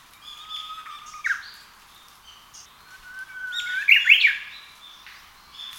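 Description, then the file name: Japanese bush warbler song: a steady whistle followed by a quick rising and falling flourish, then a second whistle ending in a louder warbled burst. "uguisu"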